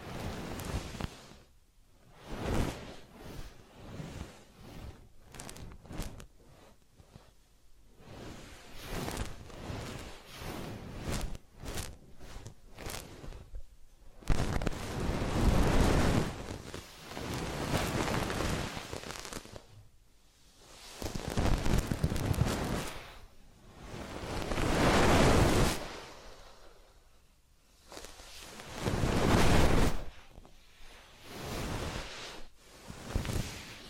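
Massage and ear-cleaning sounds: soft rubbing and brushing strokes that come in irregular bursts, some short and crisp, others longer and swelling. The rustling is dense and full, rising and falling in loudness, with brief quiet gaps between strokes and louder sweeps around 15, 25 and 30 seconds.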